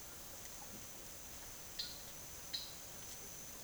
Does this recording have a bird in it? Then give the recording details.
yes. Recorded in secondary vegetation near Puerto Asís, Putumayo, Colombia, on 25 June 2025 at 09:30. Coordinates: 0.489, -76.322. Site G021